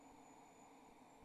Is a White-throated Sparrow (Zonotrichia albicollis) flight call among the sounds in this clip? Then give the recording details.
no. No flight call is heard. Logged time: 06:26 on 28 November 2014